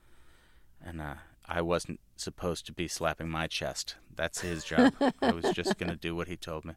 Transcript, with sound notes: and I wasn't supposed to be slapping my chest. That's his job.
(SOUNDBITE OF LAUGHTER)
I was just going to do what he told me.